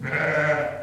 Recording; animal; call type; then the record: contact call of a hoofed animal; sheep; low-frequency (closed-mouth) or high-frequency (open-mouth) call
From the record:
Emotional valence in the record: negative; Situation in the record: short social isolation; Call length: 0.83 s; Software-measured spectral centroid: 1650 Hz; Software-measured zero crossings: 2050 a second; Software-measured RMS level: -24 dBFS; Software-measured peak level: -11 dBFS